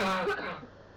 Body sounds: coughing mixed with background sound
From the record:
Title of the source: Barking cough - # 10

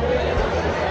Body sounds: background sound without coughing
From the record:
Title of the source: CITY SOUNDS Busy Bar in the Evening Night - 2 HOURS of Ambiance for Relaxation

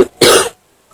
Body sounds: coughing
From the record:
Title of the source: 30 Chesty and wet cough

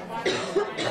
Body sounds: coughing mixed with background sound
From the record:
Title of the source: female coughing - coughing sound effects girl

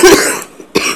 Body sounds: coughing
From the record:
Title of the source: 31 night wet cough

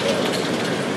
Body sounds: background sound without coughing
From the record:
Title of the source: Office Sounds Ambience - Background Noise for Study and Work

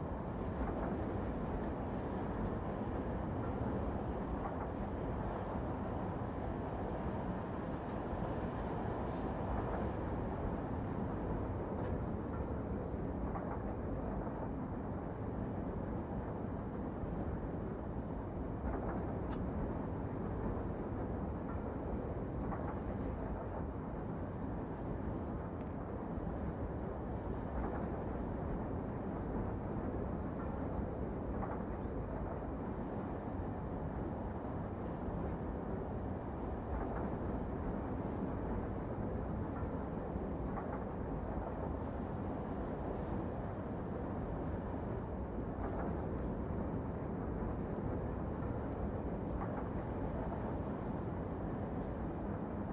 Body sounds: background sound without coughing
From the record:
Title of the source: Train Ride Ambience ambient white noise for sleeping, focus, studying, reading

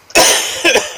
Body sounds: coughing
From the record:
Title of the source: Dry Afternoon Cough

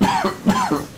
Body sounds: coughing mixed with background sound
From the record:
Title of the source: Spring Allergy Coughing

